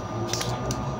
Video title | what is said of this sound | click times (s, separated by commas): PALIT FUEL FILTER AT O-RING NG XRM 125 FI - TUTORIAL & DEMONSTRATION | siya tumunog na yon nag-lock na yung pinaka ano niya | 0.3 s